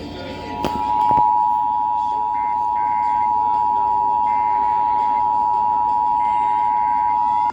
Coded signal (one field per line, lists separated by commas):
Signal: Emergency Alert System (SAME) tones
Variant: 853 and 960 Hz attention tone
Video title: EAS/NWR Alert or message #1332-1337: 2023 National Periodic Test (2023 National EAS Test)